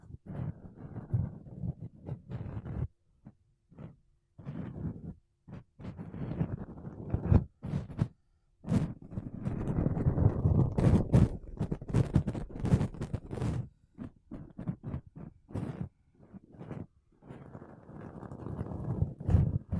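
Makeup brushes and a sponge rub and brush against a microphone in bursts of soft, low, rumbling scratches. The strokes come in irregular clusters with brief silent gaps, some sharp crisp swipes reaching higher, busiest and densest through the middle stretch.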